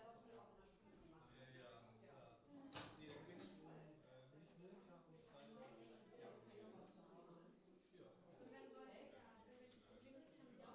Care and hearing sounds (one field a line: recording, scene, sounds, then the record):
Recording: everyday scene through a hearing-aid microphone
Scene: many people talking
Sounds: many voices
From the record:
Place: parish hall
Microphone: in the ear canal, left